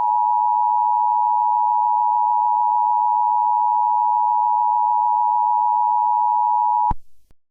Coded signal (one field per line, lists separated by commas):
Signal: Emergency Alert System (SAME) tones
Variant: 853 and 960 Hz attention tone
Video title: Part 3 Of An Preview EAS Scenario (The Forgotten Members)